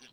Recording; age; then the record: pig call; piglet (1 to 25 days)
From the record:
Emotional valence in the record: positive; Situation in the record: short reunion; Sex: male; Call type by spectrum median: high-frequency call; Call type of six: low-frequency tonal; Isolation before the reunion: 3 minutes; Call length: 0.12 s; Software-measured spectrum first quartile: 1522 Hz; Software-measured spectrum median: 2942 Hz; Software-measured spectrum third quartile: 4300 Hz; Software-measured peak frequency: 248 Hz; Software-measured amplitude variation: 93 dB a second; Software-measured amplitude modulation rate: 20.4 a second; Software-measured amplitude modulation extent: 4.6 dB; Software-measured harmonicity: 0.1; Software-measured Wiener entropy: -0.98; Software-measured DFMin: 694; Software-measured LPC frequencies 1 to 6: 1635, 2658, 3252, 4346, 5720, 7575 Hz